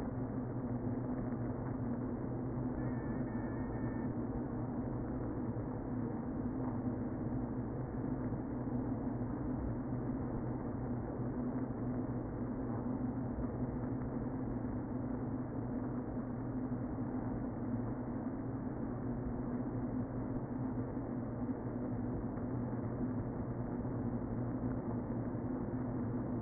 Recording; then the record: honeybee colony, microphone inside the hive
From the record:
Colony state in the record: queen present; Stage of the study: before two queens were removed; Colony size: about 60,000 bees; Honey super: yes